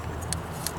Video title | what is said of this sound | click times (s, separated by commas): Part 1:1998 Ford Ranger Throttle Cable Replacement overview | sure it clicks in there and then voila and once you get it | 0.3 s